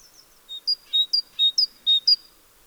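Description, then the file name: Great tit giving clear, high, alternating two-note phrases, about four pairs in quick succession against a quiet background. "Parus major"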